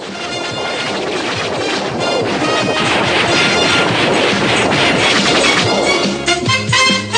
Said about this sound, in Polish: Grad ciosów.